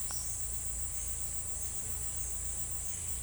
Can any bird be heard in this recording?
no